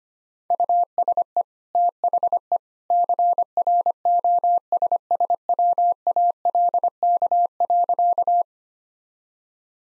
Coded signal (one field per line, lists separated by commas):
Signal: Morse code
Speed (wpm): 25 wpm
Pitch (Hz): 700 Hz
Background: none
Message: USE THE CROSSWALK.